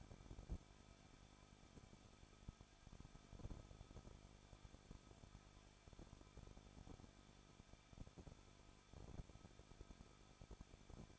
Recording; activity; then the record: daily activity, microphone in the room; no activity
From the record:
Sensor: 5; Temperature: 20.8 degrees Celsius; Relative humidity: 38.6%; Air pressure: 1006.5 hPa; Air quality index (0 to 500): 192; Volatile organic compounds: 21 ppm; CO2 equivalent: 2716 ppm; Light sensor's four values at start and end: 2/3/1/1 and 2/3/1/1